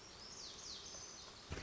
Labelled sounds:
Lazuli Bunting (Passerina amoena)
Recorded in Sonoma County, California

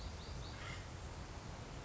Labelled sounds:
Acorn Woodpecker (Melanerpes formicivorus)
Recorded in Sonoma County, California

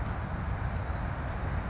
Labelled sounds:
California Towhee (Melozone crissalis)
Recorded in Sonoma County, California

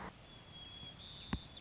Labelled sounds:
White-crowned Sparrow (Zonotrichia leucophrys)
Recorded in Sonoma County, California

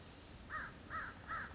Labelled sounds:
American Crow (Corvus brachyrhynchos)
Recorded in Sonoma County, California

